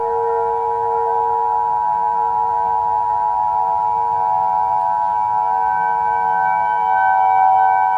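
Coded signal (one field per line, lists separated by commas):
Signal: Emergency Alert System (SAME) tones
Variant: 853 and 960 Hz attention tone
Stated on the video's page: Simulated EAS scenario mock of a US nuclear attack, made to look authentic.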